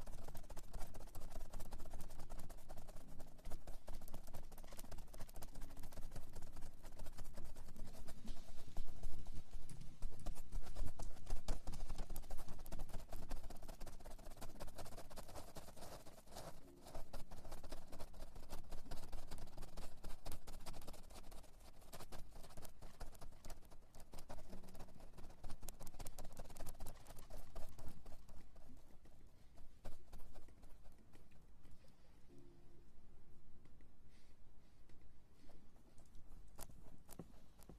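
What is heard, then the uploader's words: A full ear massage: dense rubbing and brushing, with quick rhythmic strokes and soft thumps that almost sound like clip-clopping. The texture stays thick and steady, then grows lighter and quieter over the last ten seconds. Ear Massage.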